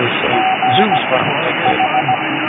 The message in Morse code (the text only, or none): G H